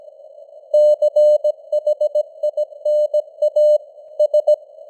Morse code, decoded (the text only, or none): CHINA S